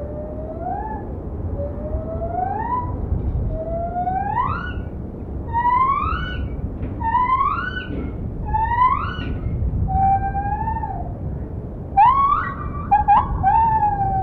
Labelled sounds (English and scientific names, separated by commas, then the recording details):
Lar Gibbon (Hylobates lar)
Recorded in captivity
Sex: diverse
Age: adult
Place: Tierpark Berlin, Berlin, DE
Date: 1975-12-26
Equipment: Uher CR 210, Verstärker, Sennheiser MD 421 HL, Kopie Uher Variocord
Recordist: Tembrock, Günter
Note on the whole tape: Lautfolgen des Männchens in der Außenanlage, er unterbricht, wenn die Weibchen im Innenraum singen, meist beide Weibchen zugleich